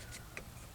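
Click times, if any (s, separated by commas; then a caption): 0.4 s. A plastic retaining clip is popped slowly out of the door panel of a 2000–2006 Toyota Tundra during a window regulator and motor replacement. A single sharp pop is heard at 0.4 seconds, and the trim clip comes free.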